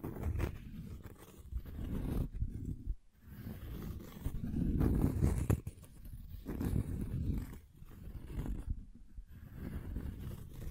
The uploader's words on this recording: ASMR Calming Wood Triggers for Sleep (No Talking).